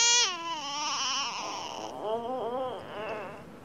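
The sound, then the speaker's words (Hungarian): An infant wails in a long, high, wavering cry that slides downward, followed by several shorter sobbing bursts with a quivering pitch, loud and continuous with no talking. “Hagyd abba, csak megijeszted!”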